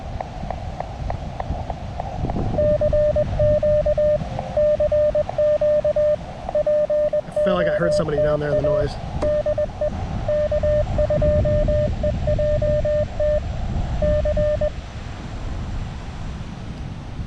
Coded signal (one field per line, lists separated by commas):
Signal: Morse code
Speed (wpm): 21 wpm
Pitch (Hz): 600 Hz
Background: speech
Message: CQ CQ POTA DE K2EJT C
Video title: A tale of two verticals: How much difference can a better antenna really make? CW POTA at K-2034